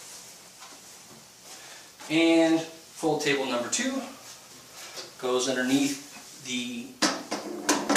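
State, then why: Seated. Someone talks while the second fold table is pushed in underneath the feed tray of a Martin Yale Mark VII paper folding machine. It snaps home with a single sharp click at 7.7 s, and the fold table is seated in place.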